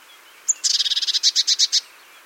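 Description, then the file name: Great tit calling with a sharp high note followed by a fast, evenly spaced string of harsh buzzy notes lasting just over a second. "Parus major"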